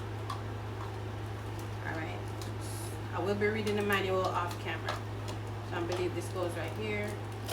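A plastic part of a baby formula making machine is handled and lined up with its slot during unboxing and setup, with a few faint handling ticks while someone talks. The clip ends before the part goes home, so nothing has seated or clicked yet.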